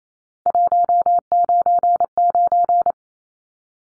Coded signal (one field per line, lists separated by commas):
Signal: Morse code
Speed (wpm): 28 wpm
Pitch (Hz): 700 Hz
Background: none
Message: 199